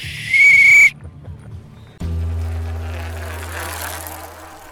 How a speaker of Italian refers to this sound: il fischio di De Marchi segna anche la fine di questa prima parte della discussione di tappa